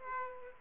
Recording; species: mosquito wingbeat signal from an infrared sensor; Aedes aegypti